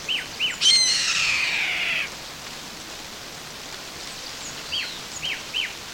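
Bird giving a rasping screech after two short whistled downslurred notes, then a few more thin falling whistles spaced through the remaining seconds over light hiss.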